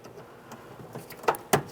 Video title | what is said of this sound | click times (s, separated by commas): How to Replace Door Lock Actuator 2006-2010 Ford Explorer | listen for a click give it a tug once again you do not want this to fall out while you're driving down the road | 1.5 s